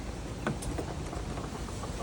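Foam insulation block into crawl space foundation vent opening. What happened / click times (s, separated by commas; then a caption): The insulation block pushed into the vent opening / 0.5 s. A foam insulation block is pushed into a crawl space foundation vent opening and pops into place with a short, sharp sound at 0.5 s over steady background noise. It sits flush, seated in the opening.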